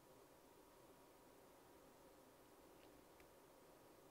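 A hex part is lined up with the hole and slot in the plastic steering block of a Traxxas 2WD Slash, Rustler or Stampede RC truck before being pressed home. Only a steady low hiss is heard, with faint brief ticks around 2.8 s and 3.2 s. Nothing has seated or clicked yet.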